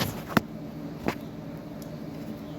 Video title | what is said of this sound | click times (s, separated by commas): oil change 2022 hyundai kona 2.0L | make a little click noise click there we go | 0.4 s